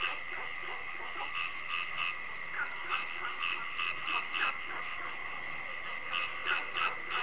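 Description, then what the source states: Frogs calling in short clustered bursts over a continuous high drone. Frogs calling at night.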